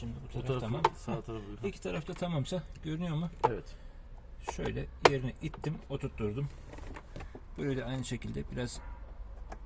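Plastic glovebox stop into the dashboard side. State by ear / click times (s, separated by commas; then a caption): not seated / none. After the cabin pollen filter is refitted, a plastic glovebox side stop is pushed back into the side of the dashboard to seat it while someone talks. A few faint knocks of the plastic are heard around 7.0 and 7.2 seconds and again near 9.5 seconds, but the stop has not seated yet.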